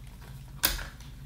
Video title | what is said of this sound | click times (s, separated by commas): XDynamics EVOLVE Preview | right down locks in place there's no play that's | 0.6 s